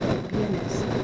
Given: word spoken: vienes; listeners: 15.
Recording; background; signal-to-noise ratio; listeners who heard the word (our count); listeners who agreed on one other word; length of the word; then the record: one Spanish word in noise, from a listening test; noise modulated by three-talker babble; -3.2 dB; 3 of 15; 7 of 15; 0.64 s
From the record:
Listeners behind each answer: 7, 3, 1, 1, 1, 1, 1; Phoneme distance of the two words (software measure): 10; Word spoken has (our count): 2 syllables, 6 phonemes, stress on syllable 1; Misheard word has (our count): 2 syllables, 6 phonemes, stress on syllable 1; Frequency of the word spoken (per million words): 5.74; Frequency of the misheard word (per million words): 75.19